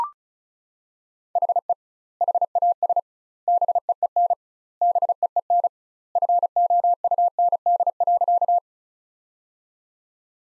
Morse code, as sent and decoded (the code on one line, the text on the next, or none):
.... . / .... .- ... / -... . . -. / -... . . -. / ..-. --- ..- -. -.. .-.-.-
HE HAS BEEN BEEN FOUND.